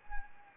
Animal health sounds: mosquito wingbeat signal from an infrared sensor; Anopheles gambiae

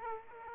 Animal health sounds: mosquito wingbeat signal from an infrared sensor; Aedes aegypti

